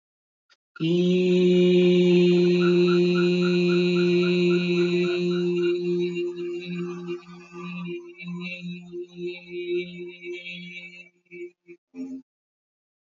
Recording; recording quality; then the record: sustained vowel as in beet; excellent, no background noise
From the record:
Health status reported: healthy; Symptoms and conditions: diabetes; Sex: male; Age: 49 years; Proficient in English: yes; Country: India